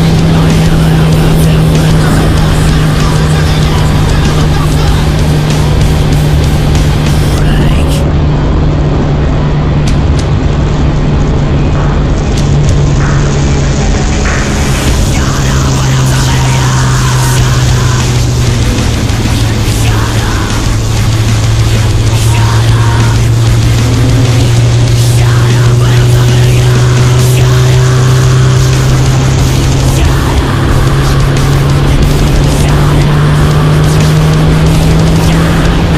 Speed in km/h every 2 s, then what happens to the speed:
167, 160, 158, 155, 154, 153, 149, 142, 132, 121, 113, 117, 124, 129, 136, 142, 153, 167.
0-20 slows to 113. 20-36 speeds up to 167.